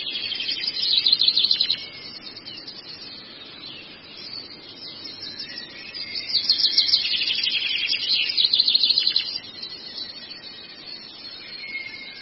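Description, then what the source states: Long-tailed shrike song: dense, harsh, high chattering phrases with trills and short whistled notes, rising in loud bursts and easing between them. Long-tailed shrike song presented as a masteran, a tutor recording for training birds.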